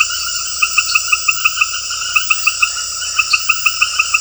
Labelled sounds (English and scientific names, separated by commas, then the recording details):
none
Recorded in dense forest near Puerto Asís, Putumayo, Colombia, on 18 February 2024 at 20:30
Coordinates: 0.487, -76.319
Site G6403